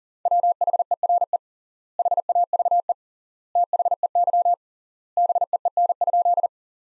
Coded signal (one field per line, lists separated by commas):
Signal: Morse code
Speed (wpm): 40 wpm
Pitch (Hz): 700 Hz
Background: none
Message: WHERE HAVE THEY BEEN?